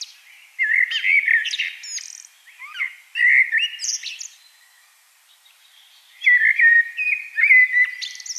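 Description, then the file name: Common blackbird song: several phrases of mellow whistled warbles mixed with thin high squeaky notes, a pause, then another warbled phrase. "Turdus merula"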